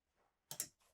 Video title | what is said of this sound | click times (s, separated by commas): 2027 Newmar Canyon Star Walkthrough - Complete Owner Orientation & Feature Guide | So, there you're locked. | 0.5 s, 0.6 s